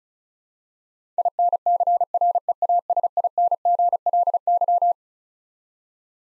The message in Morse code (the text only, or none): INCREASINGLY